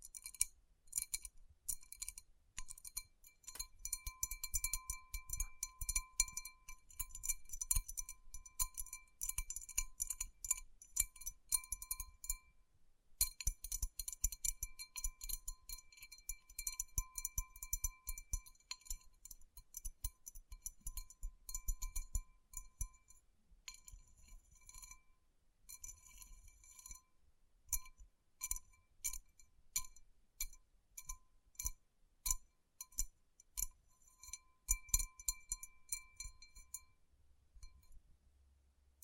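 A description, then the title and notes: Rhinestone-covered palms are tapped and rubbed in a dense, irregular stream of tiny bright clicks and glassy clinks, with soft low thumps underneath. Activity stays busy throughout, briefly stopping near thirteen seconds, then thinning into sparser bursts after twenty-five seconds. Tapping & Rubbing Rhinestone Covered Palms.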